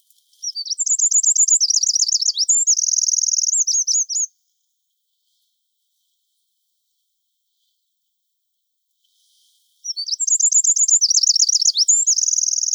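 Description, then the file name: Eurasian wren song: a loud, high, rapid outpouring of trills and warbling notes lasting about four seconds, then silence, then a second burst of song starting. "Troglodytes troglodytes"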